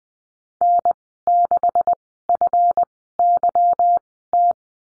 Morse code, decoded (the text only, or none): N6FYT